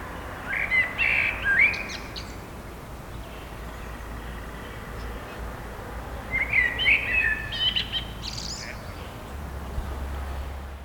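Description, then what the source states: Bird song, two bursts of twittering, warbled notes separated by several seconds of quiet background hiss. In the woods.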